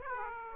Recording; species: mosquito wingbeat signal from an infrared sensor; Aedes aegypti